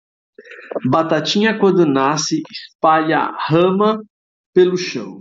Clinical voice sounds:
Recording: short text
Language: Brazilian Portuguese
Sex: male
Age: 40 to 49 years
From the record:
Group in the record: control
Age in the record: 44 years

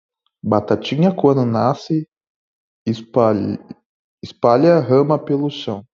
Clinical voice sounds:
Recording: short text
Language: Brazilian Portuguese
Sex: male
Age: 20 to 29 years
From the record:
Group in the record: control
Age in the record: 24 years

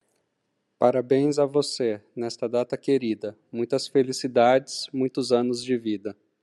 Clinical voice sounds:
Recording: short text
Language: Brazilian Portuguese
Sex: male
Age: 40 to 49 years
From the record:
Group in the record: control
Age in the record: 41 years

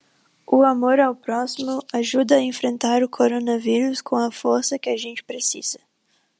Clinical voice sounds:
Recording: spoken sentence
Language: Brazilian Portuguese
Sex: female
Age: 20 to 29 years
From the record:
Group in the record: control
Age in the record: 22 years

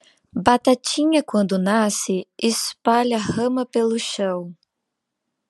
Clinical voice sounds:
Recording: short text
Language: Brazilian Portuguese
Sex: female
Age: 20 to 29 years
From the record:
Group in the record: control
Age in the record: 24 years

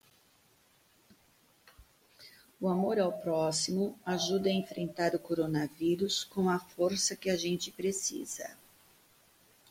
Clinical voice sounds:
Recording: spoken sentence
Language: Brazilian Portuguese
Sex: female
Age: 50 to 59 years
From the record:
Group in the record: control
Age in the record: 58 years

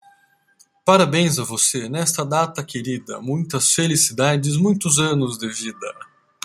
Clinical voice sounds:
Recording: short text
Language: Brazilian Portuguese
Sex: male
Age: 40 to 49 years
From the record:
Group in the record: control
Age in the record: 40 years

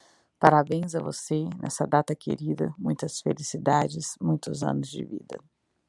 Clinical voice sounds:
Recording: short text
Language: Brazilian Portuguese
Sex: female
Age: 30 to 39 years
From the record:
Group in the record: control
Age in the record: 39 years

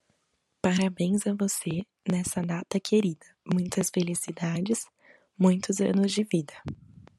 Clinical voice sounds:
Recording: short text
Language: Brazilian Portuguese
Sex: female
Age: 20 to 29 years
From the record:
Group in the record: control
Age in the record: 20 years

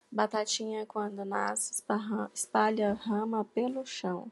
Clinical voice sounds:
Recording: short text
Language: Brazilian Portuguese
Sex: female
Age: 40 to 49 years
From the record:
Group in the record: control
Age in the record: 48 years

